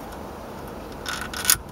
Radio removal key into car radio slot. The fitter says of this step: push that in until it clicks